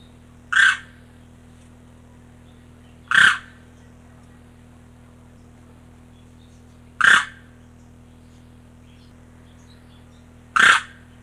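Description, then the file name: Demoiselle crane calls: four short, loud, harsh notes spaced unevenly a few seconds apart over a low steady hum. "krasavka"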